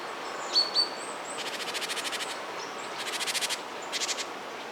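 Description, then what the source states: Bird sounds: a couple of high thin whistles, then a few bursts of rapid buzzy pulses, with a steady hiss of background noise throughout. Birds in a forest.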